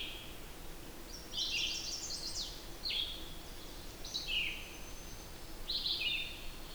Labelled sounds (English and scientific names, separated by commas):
Red-eyed Vireo (Vireo olivaceus) song